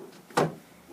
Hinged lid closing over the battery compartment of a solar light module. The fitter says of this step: push it till it snaps